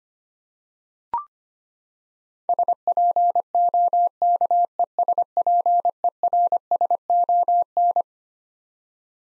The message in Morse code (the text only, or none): SPOKESPERSON